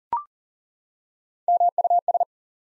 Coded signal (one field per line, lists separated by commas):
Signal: Morse code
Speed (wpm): 40 wpm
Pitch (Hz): 700 Hz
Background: none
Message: MUS